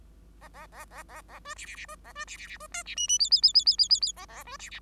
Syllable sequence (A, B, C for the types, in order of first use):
A A A A A A B C C C B A B C C C B D C E E F F F F F F F F A A B C C